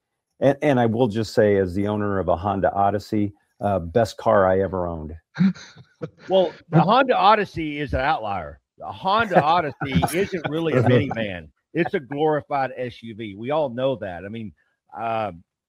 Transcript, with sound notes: and I will just say as the owner of a Honda Odyssey, uh, best car I ever owned. (laughs)
Well, the Honda Odyssey is an outlier. The Honda Odyssey-
(laughs)
... isn't really a minivan. It's a glorified SUV. We all know that. I mean,